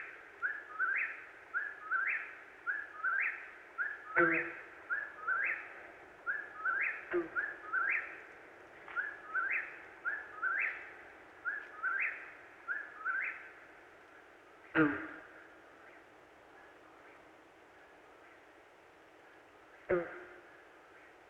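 An eastern whip-poor-will repeats its whistled three-part phrase in a steady, rapid rhythm, roughly one call a second, for about thirteen seconds before falling silent. A few sharp knocks break in at irregular moments, over a low, constant hiss.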